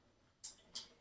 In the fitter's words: And I love that it pulls out and snaps back in